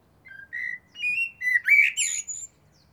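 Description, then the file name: Common blackbird singing a clear, flute-like warble of several rich whistled notes, ending in a thin, squeaky high twitter, with nothing else audible. "Turdus merula"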